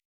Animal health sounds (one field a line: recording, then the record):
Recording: hydrophone in a shrimp aquaculture tank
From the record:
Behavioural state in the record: starved